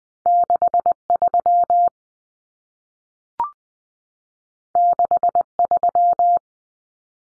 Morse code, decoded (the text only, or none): 63 63